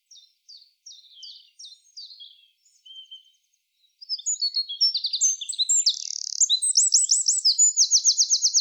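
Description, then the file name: Eurasian wren, several spaced high notes, a pause, then a vigorous burst of very fast twittering and trills continuing to the end. "Troglodytes troglodytes"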